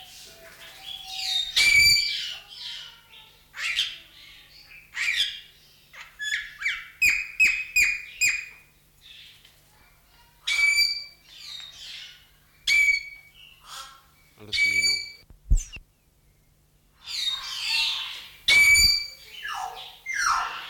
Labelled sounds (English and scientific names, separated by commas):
Golden Myna (Mino anais)